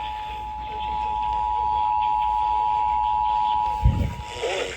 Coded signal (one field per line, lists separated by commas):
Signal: Emergency Alert System (SAME) tones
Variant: 853 and 960 Hz attention tone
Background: speech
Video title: South Carolina Required Monthly Test for July 2026 | EAS #399-401